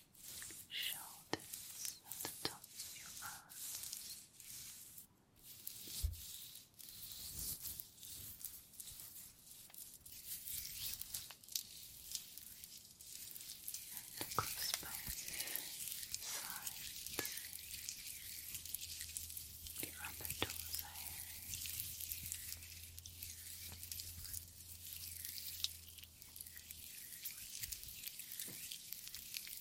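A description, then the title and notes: A full body massage, heard as steady hissing friction and soft crackling as hands rub and slide, thickening after the first fifteen seconds. Scattered sharp clicks and taps break through, and a low hum runs underneath for several seconds late on. TimASMR-Blissful Full Body Massage & Spa Treatment.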